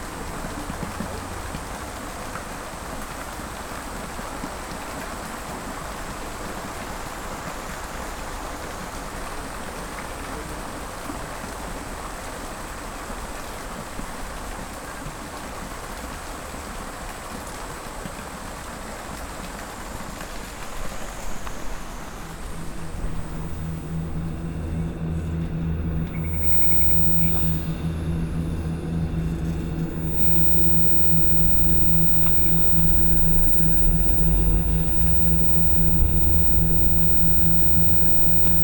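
A Kyoto field recording opens with a steady, dense hiss like rain or rushing water, a thin high tone faintly above it. Near 23 seconds it turns into a low droning vehicle hum with steady pitches, a brief whine around 27 seconds, swelling louder toward the end.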